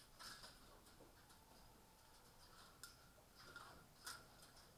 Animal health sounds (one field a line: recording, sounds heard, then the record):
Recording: poultry house recording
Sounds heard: healthy chickens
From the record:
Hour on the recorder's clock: 18